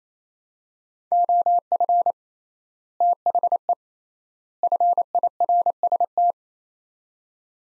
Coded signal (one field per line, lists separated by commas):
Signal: Morse code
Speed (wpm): 28 wpm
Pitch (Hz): 700 Hz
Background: none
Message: OF THE FIRST